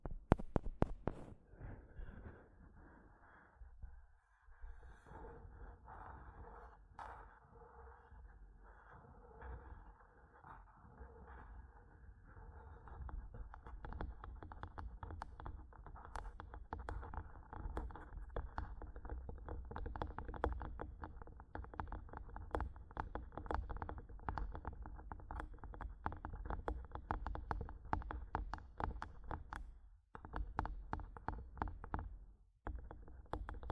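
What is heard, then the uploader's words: Tapping and scratching on a microphone, with dense, rapid clicks and scrapes that build from sparse hits in the first few seconds to a near-continuous rattle after about fifteen seconds. A low rumble sits underneath throughout, with brief silences near 4, 30 and 33 seconds. ASMR Mic Tapping and Scratching (No Talking).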